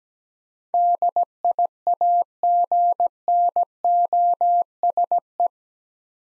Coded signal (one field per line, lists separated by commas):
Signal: Morse code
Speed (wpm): 17 wpm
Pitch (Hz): 700 Hz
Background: none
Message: DIAGNOSE